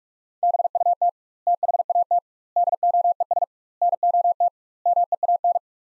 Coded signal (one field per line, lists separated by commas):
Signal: Morse code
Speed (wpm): 46 wpm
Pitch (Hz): 700 Hz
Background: none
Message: BUT THAT DOES NOT MEAN